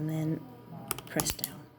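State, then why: Not seated. A laptop RAM module for an HP EliteBook 725 G4, already slid into its memory slot at an angle, is handled as someone talks, with a few short scraping and tapping sounds between about 0.9 and 1.5 seconds. The module has not yet been pressed down into the two silver side latches, and nothing has seated or clicked yet.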